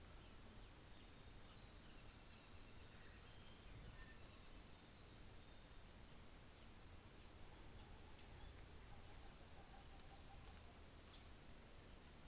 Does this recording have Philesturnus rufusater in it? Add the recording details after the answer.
yes. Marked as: faintness 5/5, faintness 2/5. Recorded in New Zealand on 24 December 2018. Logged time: 13:35